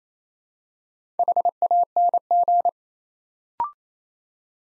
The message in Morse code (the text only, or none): HANG